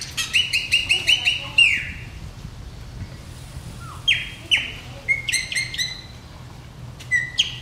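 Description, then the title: Chopi blackbird song: a fast run of repeated whistled notes, a quiet pause, then varied sliding whistles and sharp chirps returning in clusters. "Passaro Preto"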